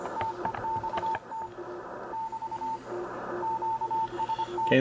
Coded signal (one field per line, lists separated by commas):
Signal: Morse code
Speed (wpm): 24 wpm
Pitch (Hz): 900 Hz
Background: none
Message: TEXT <BT> QST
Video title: Morse Code Decoding Software, MRP40, CWGet, CW Decoder Review – AF5DN